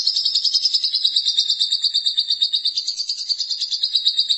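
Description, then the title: Lovebird song: unbroken fast, pulsing, buzzy chatter throughout. "BM Suara Burung Lovebird"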